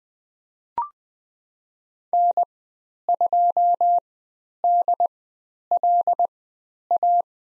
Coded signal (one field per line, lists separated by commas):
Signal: Morse code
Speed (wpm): 20 wpm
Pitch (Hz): 700 Hz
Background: none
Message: N2DLA